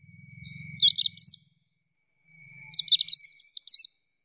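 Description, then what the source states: Nightingale singing two bursts of high, sweeping whistled notes over a thin steady tone and a low buzzing hum. Training song for bird keepers to teach their birds to sing melodiously.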